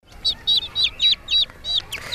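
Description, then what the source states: Chicken chicks peeping: a rapid series of high, downslurred cheeps with faint room background. Newly hatched chicks in an incubator in a second-grade classroom, Franklin Avenue Elementary School, Los Feliz; 24 eggs, 8 or 9 hatched, hatching throughout the day.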